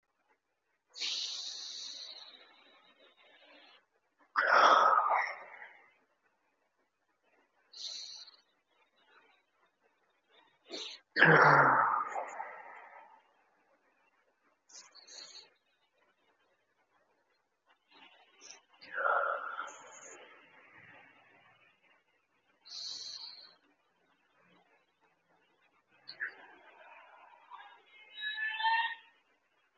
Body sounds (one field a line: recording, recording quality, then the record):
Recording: deep breathing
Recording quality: excellent, no background noise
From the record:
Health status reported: COVID-19 positive, mild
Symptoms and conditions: sore throat, loss of smell and taste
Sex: male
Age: 24 years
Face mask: not worn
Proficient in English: yes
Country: India